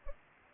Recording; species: mosquito wingbeat signal from an infrared sensor; Anopheles arabiensis